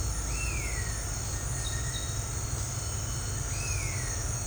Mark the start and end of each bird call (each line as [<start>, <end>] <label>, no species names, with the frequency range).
[0.25, 0.97] bird call (1.5-3.2 kHz)
[3.40, 4.28] bird call (1.5-3.3 kHz)